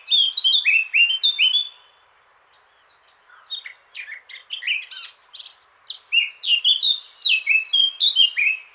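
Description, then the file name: Eurasian blackcap singing a bright fluty phrase, pausing over a second, then delivering a longer jumbled warble that settles into loud, repeated whistles. "Sylvia atricapilla"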